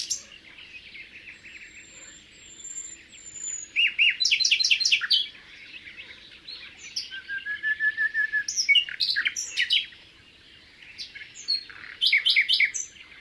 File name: rouxinol comum